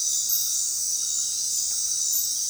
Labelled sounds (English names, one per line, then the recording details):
none
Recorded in dense forest near Puerto Asís, Putumayo, Colombia, on 21 February 2024 at 20:30
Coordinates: 0.466, -76.327
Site G6413